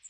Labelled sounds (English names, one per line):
Magnolia Warbler flight call